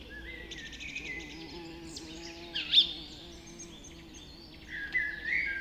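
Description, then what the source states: Birds in a bird, several trilling and whistling, a loud sharp note near the middle and another burst near the end, over a low steady hum. Bird recorded just after dawn in the Forest of Dean.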